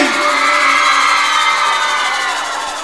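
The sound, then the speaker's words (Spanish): A concert audience of girls screams in one loud, continuous, high-pitched roar that holds steady for about three seconds before easing off slightly at the end. “grito que se escucha hasta Jujuy.”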